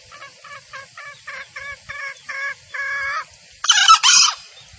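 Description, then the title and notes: Junglefowl clucking: a quick series of short notes that grow longer and louder, followed by a harsh two-part squawk. Female junglefowl call used as a lure for trapping in the forest; the source also describes it as a male junglefowl sound used as a master lure call. "Pancingan Suara Ayam Hutan Betina. Suara ayam hutan jantan buat masteran pikat di hutan. Pemikat Ayam Hutan"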